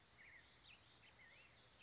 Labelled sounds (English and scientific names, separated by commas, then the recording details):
Black-headed Grosbeak (Pheucticus melanocephalus)
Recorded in Sonoma County, California